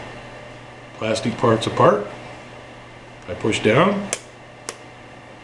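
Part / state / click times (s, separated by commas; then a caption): RAM memory module into motherboard DIMM slot / seated / 4.7 s. A desktop RAM memory module is pushed down into its motherboard DIMM slot until the plastic retaining clips snap shut. Someone talks, then a short, sharp click sounds at 4.7 s over a steady low hum. The module is locked in and seated.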